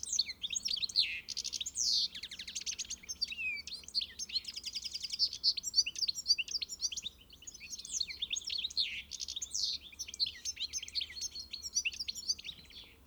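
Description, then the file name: European goldfinch calls: sustained bright twittering of quick chirps, slurred notes and dry buzzy trills, repeated in rolling bursts over about thirteen seconds. "Carduelis carduelis"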